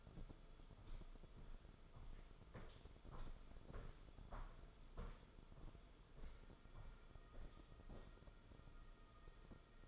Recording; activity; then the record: daily activity, microphone in the room; walk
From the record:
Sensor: 5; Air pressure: 994.5 hPa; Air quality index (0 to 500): 177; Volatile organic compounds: 843 ppm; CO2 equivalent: 5164 ppm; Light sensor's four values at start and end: 12/30/12/13 and 12/30/12/13